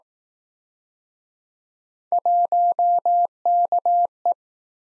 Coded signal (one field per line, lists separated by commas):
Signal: Morse code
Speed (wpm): 21 wpm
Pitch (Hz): 700 Hz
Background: none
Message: 1KE